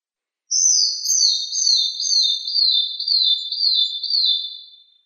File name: suara-kicauan-burung-madi-injap omkicau